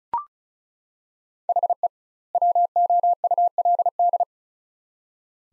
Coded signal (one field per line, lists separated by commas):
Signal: Morse code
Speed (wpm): 34 wpm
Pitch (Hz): 700 Hz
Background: none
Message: HE WOULD